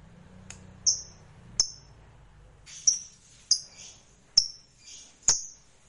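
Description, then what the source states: Lovebird giving sharp, shrill high chirps, each starting with a click and trailing off, repeated about every half to one second over a faint low hum. Fighter-type lovebird singing energetically, described as gacor.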